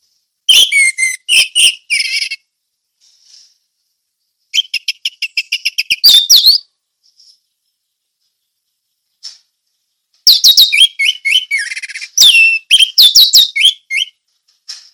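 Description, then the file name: Orange-headed thrush song: bursts of high, varied whistled and chattering notes, with a rapid rhythmic series of notes between them and silent gaps of a few seconds. Song described as loud and clear ('ngeplong'). "suara anis merah ngeplong teler"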